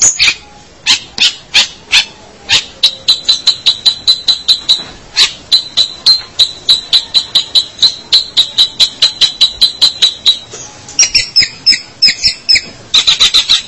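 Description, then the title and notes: Long-tailed shrike: a long rapid series of harsh notes, with brief higher phrases near the end. "Pentet 201703. Suara burung pentet"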